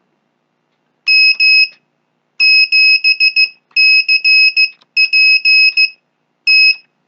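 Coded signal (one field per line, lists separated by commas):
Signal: Morse code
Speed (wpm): 15 wpm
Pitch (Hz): 2550 Hz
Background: none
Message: M7CPT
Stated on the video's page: Morse sent using the Betatech Instruments K11 board as a sending aid.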